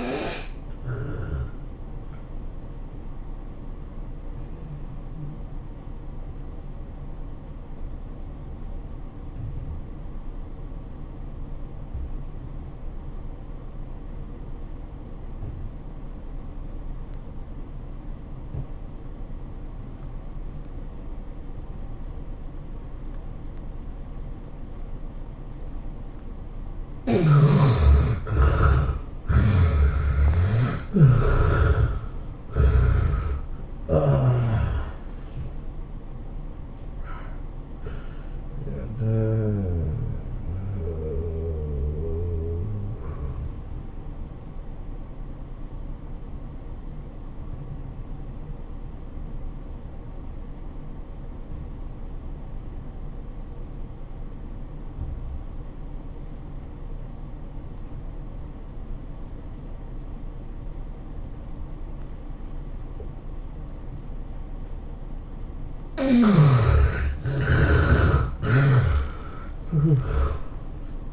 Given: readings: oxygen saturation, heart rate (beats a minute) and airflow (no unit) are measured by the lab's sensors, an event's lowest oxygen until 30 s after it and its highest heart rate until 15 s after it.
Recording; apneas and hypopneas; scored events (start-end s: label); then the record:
breathing in sleep by a smartphone at the bedside; 2
3.00-27.80 s: obstructive apnea (N2, oxygen 94% highest, then 71% lowest, heart rate 109 at the start, 110 highest)
25.00-55.00 s: new sleep stage, N1 (lightest sleep)
40.00-66.50 s: hypopnea (N1, oxygen 95% highest, then 76% lowest, heart rate 110 at the start, 110 highest)
55.00-71.13 s: awake
55.00-71.13 s: new sleep stage, awake
From the record:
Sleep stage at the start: N2 (light sleep); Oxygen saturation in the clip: 71 to 95%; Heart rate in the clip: 81 to 110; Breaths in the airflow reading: 7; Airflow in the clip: -20.8 to 17.4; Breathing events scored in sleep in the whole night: 403 in 5.5 hours asleep